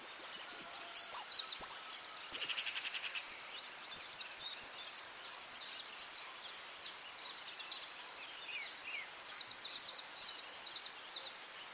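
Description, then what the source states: Birds in a dense dawn chorus, many overlapping high twitters and fast trills, loudest in the first few seconds, with quieter chirping continuing throughout. Dawn chorus at dawn in Anglesey, Wales.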